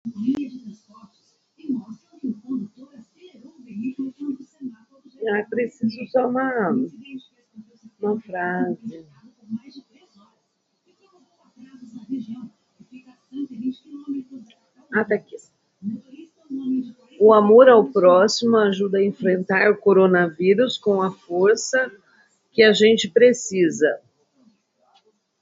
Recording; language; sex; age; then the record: spoken sentence; Brazilian Portuguese; female; 50 to 59 years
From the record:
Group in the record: control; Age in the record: 57 years